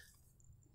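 A small red plastic safety marker is being fitted by hand onto the drain-cleaning hose of a Parkside pressure-washer drain-cleaning kit. Quiet plastic handling noise sits over a steady low hum, with one faint short tick around 0.4 s. The marker has not seated or clicked yet.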